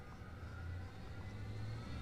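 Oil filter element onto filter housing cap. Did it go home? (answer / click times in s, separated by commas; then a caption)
no / none. A new oil filter element for an Audi Q5 is lined up on the plastic filter housing cap before being pressed home. Only a steady low rumble is heard, with no distinct clicks. Nothing has seated or clicked yet.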